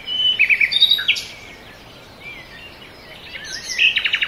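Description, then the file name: Bird chorus opens with sharp whistled chirps, grows quieter, then ends with a quick run of rapid notes. Forest birds. "ASMR Nature Noise - Forest Birds"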